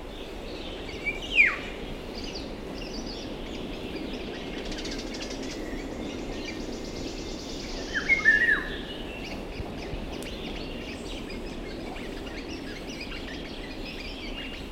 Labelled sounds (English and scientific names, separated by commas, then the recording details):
Eurasian Red Squirrel (Sciurus vulgaris) call
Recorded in the wild
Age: adult
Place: Bucher Wald, Berlin, DE
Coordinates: 52.65, 13.48
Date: 1965-06-06 12:30
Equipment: Uher 4200 Report Stereo, Sennheiser MD 421, Transistorverstärker
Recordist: Tembrock, Günter